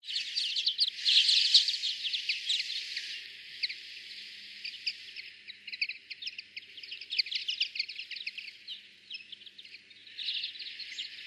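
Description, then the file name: European greenfinch calls: dense, rapid twittering chirps run almost without pause, loudest in the opening seconds, with a faint low hum underneath. "Chloris chloris"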